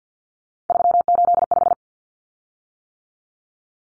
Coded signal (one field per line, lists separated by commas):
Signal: Morse code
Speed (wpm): 50 wpm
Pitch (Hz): 700 Hz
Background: none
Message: 385